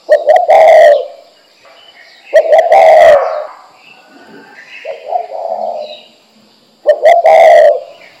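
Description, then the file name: Spotted dove cooing: three loud, low, hoarse phrases, each opening with sharp clicks, with softer coos between. "珠頸斑鳩"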